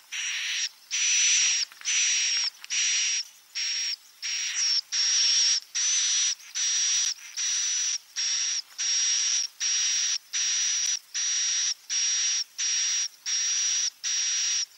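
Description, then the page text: Swiftlet calls: harsh buzzy chirps repeated steadily with short gaps, each carrying a thin whistled tone. Roosting ("inap") lure call played to attract swiftlets to swiftlet houses; call style named "INAP BJA". "Suara Burung Walet sufar sinar 77 Suara Panggil, Suara Inap Dan Tarik. INAP BJA"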